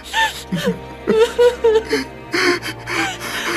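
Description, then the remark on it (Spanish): A man sobs as he kisses another man's hands, with short bursts of wavering, whimpering cries broken by sharp gasping breaths, moderately loud and uneven in rhythm. “no puede contener el llanto y lo besa en las manos, sellando la promesa con el corazón.”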